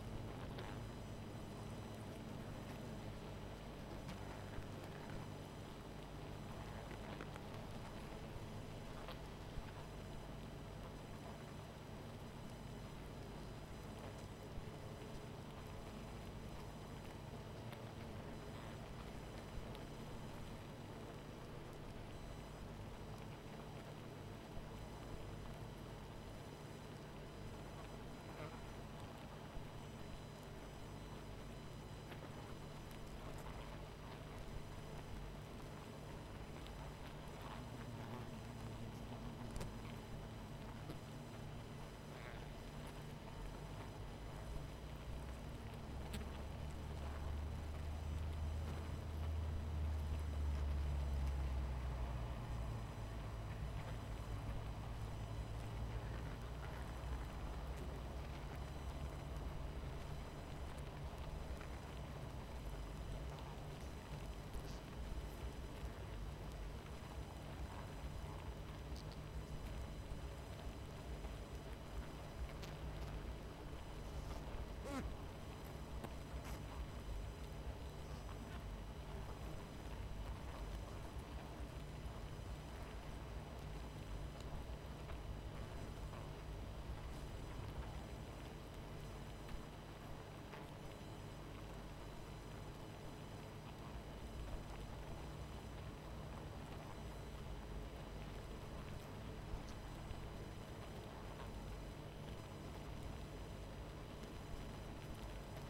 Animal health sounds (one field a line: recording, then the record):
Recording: honeybee colony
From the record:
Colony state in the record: missing queen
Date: 14 July 2017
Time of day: 23:11